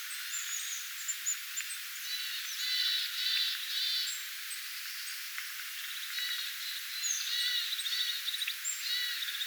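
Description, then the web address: Tit flock calling, with bursts of rapid buzzy chatter in clusters around three and seven seconds, mixed with scattered high thin notes. A flock of tits recorded on 25 October 2024. "25 10 2024 tiaisparvi"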